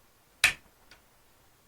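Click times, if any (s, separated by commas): 0.4 s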